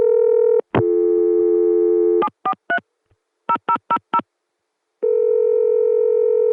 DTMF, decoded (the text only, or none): 743 0000